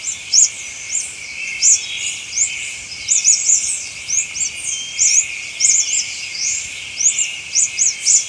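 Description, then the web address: Rufous-chested tanager calls, many thin high slurred notes given in quick irregular bursts throughout, over a constant high insect-like buzz. Ecuador. "Birds of Ecuador. Rufous-Chested Tanager"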